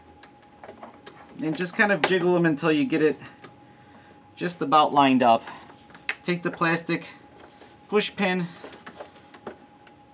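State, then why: Not seated. A washer tub shock absorber is jiggled until it is lined up with its mount, and a plastic push pin is picked up before being pushed through, while someone talks. Short handling taps and knocks are heard around the speech, and nothing has seated or clicked yet.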